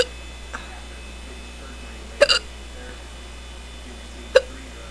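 Two sharp, abrupt hiccup sounds from an adult, each a brief voiced click, about two seconds apart, with a faint smaller one early on, against a quiet steady background hum. These are strong, persistent hiccups, present for an hour and starting again after a pause of about five minutes, the strongest case in a long time, and painful to the throat.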